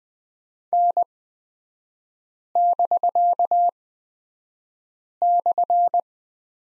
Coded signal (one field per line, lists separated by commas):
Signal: Morse code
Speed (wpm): 20 wpm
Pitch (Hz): 700 Hz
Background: none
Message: N<BK>/